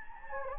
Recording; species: mosquito wingbeat signal from an infrared sensor; Anopheles gambiae